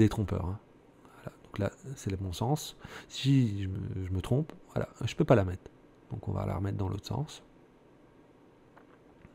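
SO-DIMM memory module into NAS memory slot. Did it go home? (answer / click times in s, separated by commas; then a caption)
no / none. Someone talks while turning a laptop-style DDR4 SO-DIMM memory module around, since its key notch lets it fit only one way, and lining it up with the memory slot of a Synology NAS. Only a few light handling taps are heard, and nothing has seated or clicked yet.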